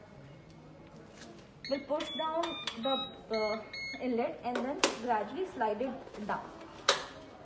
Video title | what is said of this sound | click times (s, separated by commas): Paediatric Covid-19 Management Online training Day 3 (Doctors) | so as a click sound is come that means the chamber has properly fixed now we'll attach the | 6.9 s